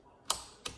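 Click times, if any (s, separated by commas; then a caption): 0.3 s. The supplied torque screwdriver is turned on the first bolt of the CPU socket during installation of an AMD Ryzen Threadripper 3990X until it clicks at its set torque. The sharp click comes at 0.3 s, followed by a fainter short tick at about 0.7 s. The bolt is confirmed tightened to the set torque.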